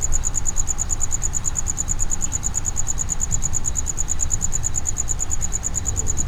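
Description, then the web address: Cricket producing a continuous run of sharp, high pulses over a persistent low hum. Cricket inside a plastic distribution box at Jászberény Zoo, recorded in 2016. "jaszberenyizoo 2016 professzionalis tucsok"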